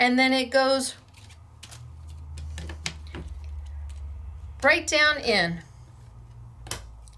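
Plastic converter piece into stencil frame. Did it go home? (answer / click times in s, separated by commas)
yes / 6.7 s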